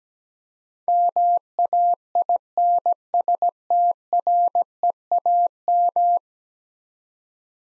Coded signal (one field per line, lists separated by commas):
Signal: Morse code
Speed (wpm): 17 wpm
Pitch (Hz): 700 Hz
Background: none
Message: MAINSTREAM